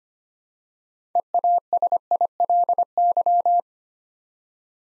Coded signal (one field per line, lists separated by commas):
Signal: Morse code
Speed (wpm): 25 wpm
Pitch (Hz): 700 Hz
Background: none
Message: EASILY